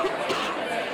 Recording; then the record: coughing mixed with background sound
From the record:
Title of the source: 64 coughing, allergies, singing lungs